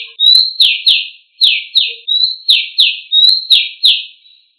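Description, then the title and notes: Bird delivering rapid, high descending sweeps and short rising slurs in quick succession, a sharp clean series with brief pauses between bursts. Indonesia. "Kicau Burung Indonesia"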